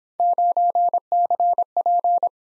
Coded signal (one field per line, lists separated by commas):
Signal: Morse code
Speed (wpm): 24 wpm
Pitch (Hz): 700 Hz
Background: none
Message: 9CP